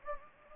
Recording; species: mosquito wingbeat signal from an infrared sensor; Anopheles gambiae